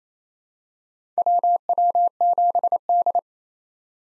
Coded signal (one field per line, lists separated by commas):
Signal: Morse code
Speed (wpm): 27 wpm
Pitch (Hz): 700 Hz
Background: none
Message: WW7D